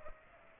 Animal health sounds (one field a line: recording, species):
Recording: mosquito wingbeat signal from an infrared sensor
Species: Culex pipiens